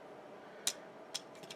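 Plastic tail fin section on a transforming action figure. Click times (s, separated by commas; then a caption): 0.7 s. The plastic tail fin section of a transforming action figure is rotated up into position and locks into place with a sharp plastic click at 0.7 s. Two fainter clicks follow at about 1.2 s and 1.5 s against a low, steady background hiss.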